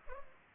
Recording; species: mosquito wingbeat signal from an infrared sensor; Culex pipiens